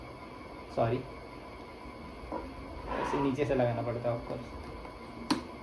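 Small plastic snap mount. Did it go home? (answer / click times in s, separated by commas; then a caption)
yes / 5.3 s. Someone talks while pushing a plastic quick-release mount for an action camera in from below into the chin mount on a motorcycle helmet. One sharp, bright tick sounds at 5.3 s as the mount clicks in and seats.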